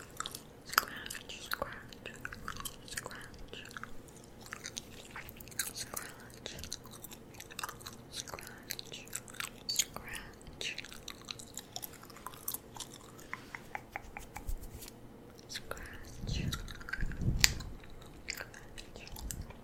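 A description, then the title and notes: Wet gum chewing with frequent sharp smacks and clicks scattered throughout, some moments crisper and brighter than others. A low, steady hum sits underneath, and a couple of deeper thuds swell near the end, around seventeen seconds. ASMR Gum Chewing.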